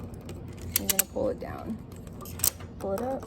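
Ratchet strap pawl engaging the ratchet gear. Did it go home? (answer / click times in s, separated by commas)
yes / 0.8 s, 0.9 s, 1.0 s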